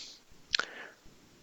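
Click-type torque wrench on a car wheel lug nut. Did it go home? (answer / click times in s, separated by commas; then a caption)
yes / 0.5 s, 0.6 s. A click-type torque wrench tightens a wheel lug nut on a Tesla Model Y during a tire rotation. A sharp double click sounds at 0.6 s and 0.6 s (0.55 and 0.59 s), signalling that the set torque has been reached. Quiet ticks and low background sounds surround it, with no speech.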